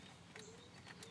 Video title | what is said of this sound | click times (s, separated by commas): How to Replace Instrument Cluster Light Bulbs in 2001-2004 Toyota Tacoma | she got snapped all around | 0.4 s, 1.0 s